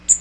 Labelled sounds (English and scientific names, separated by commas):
Magnolia Warbler (Setophaga magnolia) flight call